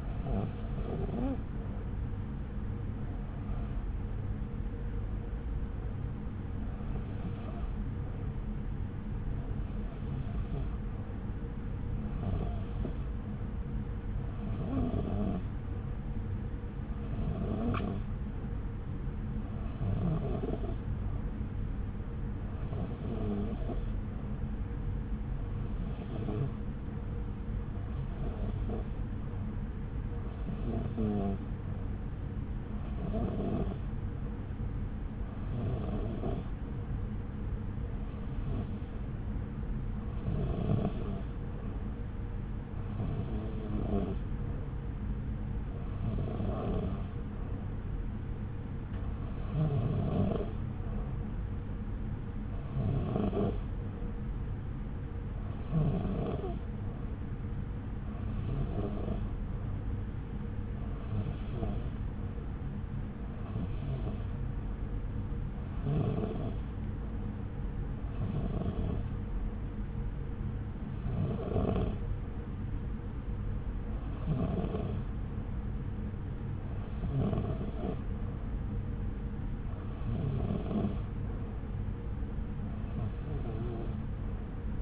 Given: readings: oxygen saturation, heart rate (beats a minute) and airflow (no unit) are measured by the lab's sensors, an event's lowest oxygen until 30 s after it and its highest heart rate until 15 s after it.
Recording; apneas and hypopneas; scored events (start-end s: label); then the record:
breathing in sleep by a smartphone at the bedside; none
none scored
From the record:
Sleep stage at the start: REM sleep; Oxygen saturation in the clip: 92 to 94%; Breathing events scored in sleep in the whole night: 303 in 8.1 hours asleep